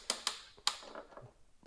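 The gull-wing door of a Hot Toys Back To The Future Part 2 DeLorean Time Machine, a plastic collectible toy car, is swung open by hand and its hinge clicks through three detents. Three sharp, bright clicks come at 0.1, 0.27 and 0.7 seconds, the last one the loudest, followed by faint rattles and taps. The door ends up clicked fully open.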